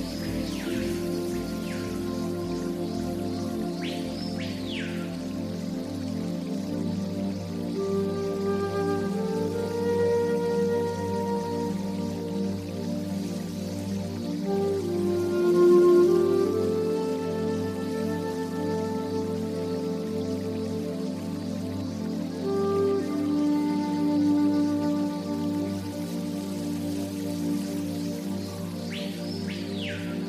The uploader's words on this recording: New age native american flute music and forest water sounds and new age zen music for sleeping and relaxing.